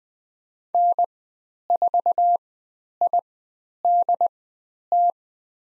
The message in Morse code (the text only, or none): N4IDT